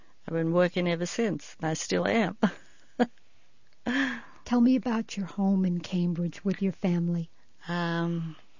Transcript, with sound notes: I've been working ever since, and I still am. ( she laughs )
Tell me about your home in Cambridge with your family.
Um,